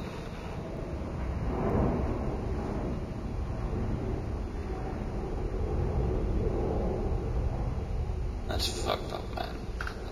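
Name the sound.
airplane passing overhead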